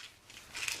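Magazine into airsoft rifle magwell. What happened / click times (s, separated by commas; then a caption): The magazine latched into the magwell / 0.7 s. A plastic airsoft magazine is inserted into the magwell of a hire airsoft rifle. Soft scraping and rustling lead into a sharp, short click at 0.7 s as the magazine seats.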